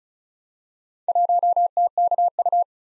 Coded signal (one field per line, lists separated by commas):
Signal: Morse code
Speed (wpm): 38 wpm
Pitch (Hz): 700 Hz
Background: none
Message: 1TKU